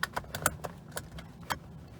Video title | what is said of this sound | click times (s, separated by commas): How To Disable Dodge Ram Seat Belt Chime Disable | and latch the seat | 0.0 s